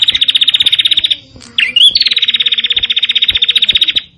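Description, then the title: Prinia trilling: a rapid, even, buzzy rattle, a brief twisting slurred note, then a second long fast trill. Local name of the bird: prenjak cemplir. "Suara Burung Prenjak Cemplir"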